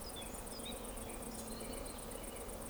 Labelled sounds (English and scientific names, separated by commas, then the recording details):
Eurasian Woodcock (Scolopax rusticola) whistle
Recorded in Baden-Württemberg, Germany, on 23 June 2020 at 20:06 UTC
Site 14569, 102 m above sea level